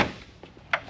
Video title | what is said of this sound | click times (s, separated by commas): American Modified 19-21 Armor Grille W/Off-Road Lights Sierra 1500 Installation | fall right into place, click right in, | 0.7 s